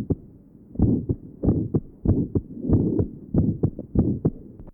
Patient has congenital aortic stenosis. Note the harsh ejection systolic murmur at the aortic area. Also an aortic ejection sound.